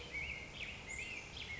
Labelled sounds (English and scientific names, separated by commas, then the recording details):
Black-headed Grosbeak (Pheucticus melanocephalus)
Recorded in Sonoma County, California